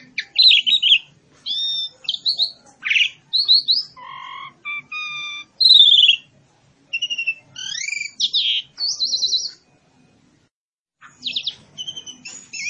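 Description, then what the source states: Pied myna calling with clear whistles, a few low hollow notes and squeaky chirps, broken by a quiet gap before a final chatter. Pied myna lure call for trapping or training.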